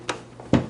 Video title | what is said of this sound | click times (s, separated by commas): Gourmia 8-Quart Digital Air Fryer with Window & Light Review | just make sure that it's snapped in place there you go got a handle | 0.1 s